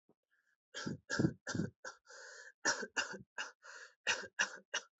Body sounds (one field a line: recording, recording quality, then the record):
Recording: shallow voluntary cough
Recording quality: excellent, no background noise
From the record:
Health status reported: COVID-19 positive, mild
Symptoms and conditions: cough, cold, sore throat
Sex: male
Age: 22 years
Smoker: not ticked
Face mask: not worn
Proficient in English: yes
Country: India